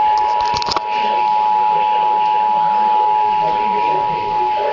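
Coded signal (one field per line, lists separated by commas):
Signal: Emergency Alert System (SAME) tones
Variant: 853 and 960 Hz attention tone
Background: speech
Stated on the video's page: Two Severe Thunderstorm Warning alerts, the first interrupted by the second.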